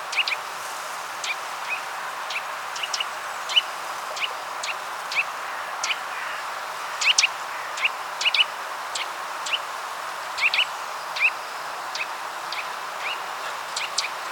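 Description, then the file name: Eurasian nuthatch with a long run of short, high, sharp notes, irregular singles and doublets, some fainter, against light steady hiss. "Sitta europaea"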